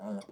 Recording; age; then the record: pig call; piglet (1 to 25 days)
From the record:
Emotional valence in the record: negative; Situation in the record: short isolation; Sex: male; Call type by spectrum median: low-frequency call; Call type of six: mixed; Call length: 0.33 s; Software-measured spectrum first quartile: 205 Hz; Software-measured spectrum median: 351 Hz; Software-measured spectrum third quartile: 701 Hz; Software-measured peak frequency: 208 Hz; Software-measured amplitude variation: 167 dB a second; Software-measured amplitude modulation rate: 7.7 a second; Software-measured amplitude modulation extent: 21.8 dB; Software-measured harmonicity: 6.2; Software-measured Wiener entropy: -0.14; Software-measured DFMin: 773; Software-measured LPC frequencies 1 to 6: 604, 2203, 3438, 4741, 5629, 7346 Hz